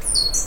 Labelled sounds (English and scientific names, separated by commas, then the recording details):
Stitchbird (Notiomystis cincta) song
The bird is a male
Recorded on Tiritiri Matangi Island, New Zealand, in 2005
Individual 12, of nest box 16